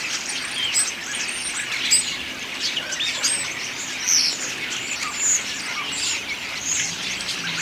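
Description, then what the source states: Common starling song mixing clicks, creaky chatter and clear whistled notes, including bright whistles around the middle, all delivered in a continuous jumble. Autumn song.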